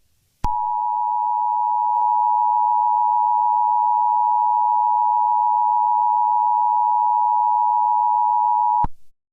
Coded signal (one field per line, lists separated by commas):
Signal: Emergency Alert System (SAME) tones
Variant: 853 and 960 Hz attention tone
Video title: [EAS MOCK] Mysterious Murders in LA